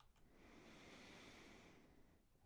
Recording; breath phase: one breath near a microphone; inhalation